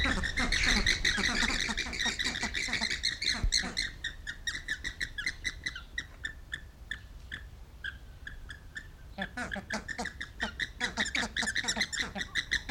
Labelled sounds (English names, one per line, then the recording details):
Yellow-faced Myna call
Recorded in captivity
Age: adult
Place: Zoo Berlin, Berlin, DE
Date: 1994-06-25 11:19
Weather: sonnig, 18-25°C, Wind
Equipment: Marantz CP 430, Sennheiser ME 80, Kopie Uher Variocord 263
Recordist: Tembrock, Günter